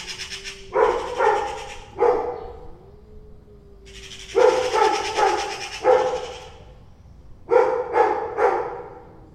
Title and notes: 2 cats, 2 magpies and a dog. Two cats meowing each other and two magpies and a dog concern about them